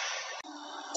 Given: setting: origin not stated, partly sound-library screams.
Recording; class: one-second piece from a danger detection set; woman in danger